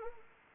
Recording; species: mosquito wingbeat signal from an infrared sensor; Anopheles arabiensis